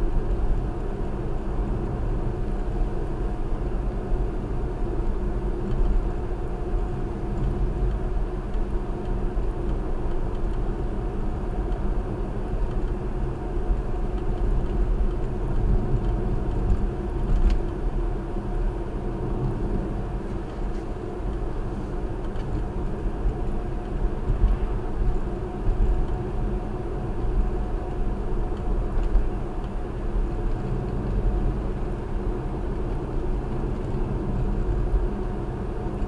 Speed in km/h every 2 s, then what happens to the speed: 69, 69, 71, 71, 69, 69, 71, 69, 69, 71, 69, 69, 71, 71, 69, 71, 71, 71.
0-36 steady at about 69.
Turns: none.